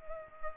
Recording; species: mosquito wingbeat signal from an infrared sensor; Culex pipiens